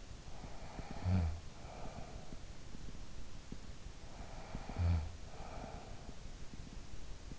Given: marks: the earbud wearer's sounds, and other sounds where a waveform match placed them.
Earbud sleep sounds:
sounds in sleep by an in-ear microphone; snoring breath
0.00-2.97 s: snoring breath
3.86-6.43 s: snoring breath

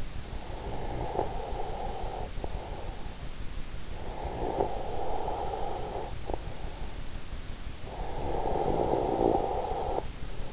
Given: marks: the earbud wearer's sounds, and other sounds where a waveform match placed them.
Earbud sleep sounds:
sounds in sleep by an in-ear microphone; breath, snoring breath
0.00-3.71 s: breath
3.94-6.98 s: snoring breath
7.69-10.53 s: snoring breath

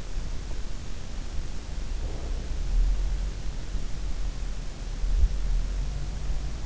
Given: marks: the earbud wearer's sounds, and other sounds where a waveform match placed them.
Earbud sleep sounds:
sounds in sleep by an in-ear microphone; breath
1.85-3.09 s: breath

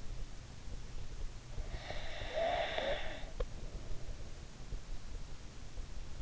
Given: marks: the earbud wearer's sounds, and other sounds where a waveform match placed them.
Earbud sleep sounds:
sounds in sleep by an in-ear microphone; breath
1.49-4.78 s: breath

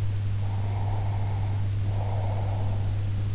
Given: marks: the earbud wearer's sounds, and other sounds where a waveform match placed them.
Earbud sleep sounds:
sounds in sleep by an in-ear microphone; breath
0.38-3.18 s: breath

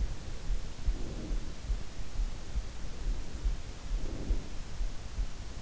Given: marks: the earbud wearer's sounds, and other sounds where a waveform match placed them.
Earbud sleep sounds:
sounds in sleep by an in-ear microphone; breath
0.25-2.19 s: breath
3.42-5.20 s: breath

